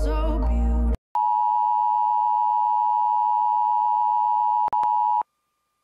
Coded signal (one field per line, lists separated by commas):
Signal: Emergency Alert System (SAME) tones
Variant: 853 and 960 Hz attention tone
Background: music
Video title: Mini EAS Compilation EAS Alerts From 11/12/20 EAS #206-208